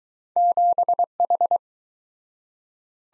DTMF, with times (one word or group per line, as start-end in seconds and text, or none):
none